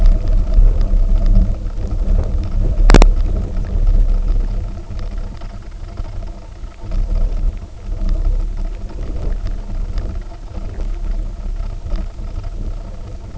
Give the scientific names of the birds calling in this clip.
none